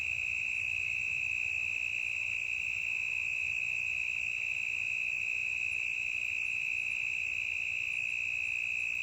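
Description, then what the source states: Cricket's steady high trill carries throughout, with soft scattered ticks above it. Intense cricket chirping in a forest, stereo recording.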